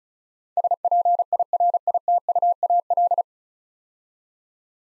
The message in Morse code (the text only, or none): SPIRITUAL